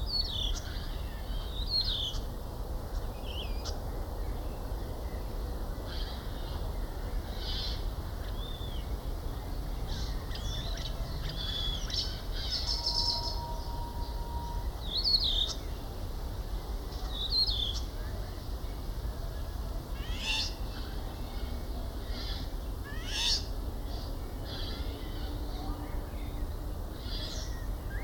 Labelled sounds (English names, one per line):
European Starling